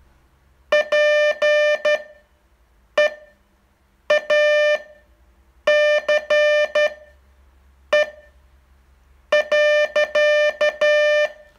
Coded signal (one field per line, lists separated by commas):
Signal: Morse code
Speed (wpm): 12 wpm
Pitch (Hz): 600 Hz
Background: music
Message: PEACE.